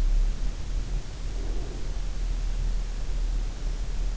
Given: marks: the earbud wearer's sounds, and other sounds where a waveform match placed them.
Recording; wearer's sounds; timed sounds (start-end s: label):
sounds in sleep by an in-ear microphone; breath
0.84-2.11 s: breath